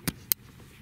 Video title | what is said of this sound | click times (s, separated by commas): Off Grid Property - Running a 30ft Camper Trailer w/ Sungold Solar Panels | there we go you hear that click on them last panel plugging it in | 0.3 s